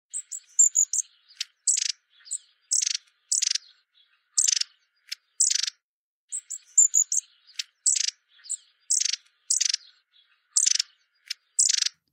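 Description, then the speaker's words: Long-tailed tit calling with repeated short, dry, buzzy notes mixed with very high thin whistles, given in quick clusters throughout. "De vogel die je net hoorde roepen, dat was een staartmees."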